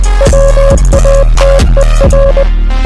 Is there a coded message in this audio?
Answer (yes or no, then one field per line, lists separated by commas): yes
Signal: Morse code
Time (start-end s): 0.2-2.4 s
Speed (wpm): 20 wpm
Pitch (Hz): 550 Hz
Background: music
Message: WATER